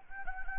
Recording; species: mosquito wingbeat signal from an infrared sensor; Anopheles gambiae